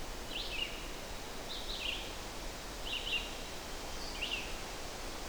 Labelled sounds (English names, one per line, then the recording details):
Red-eyed Vireo song
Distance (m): 40 m
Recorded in boreal forest in Alberta, Canada, on 12 June 2016 at 06:38
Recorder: SongMeter 3, array SBT-3-18
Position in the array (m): 234 m, 97 m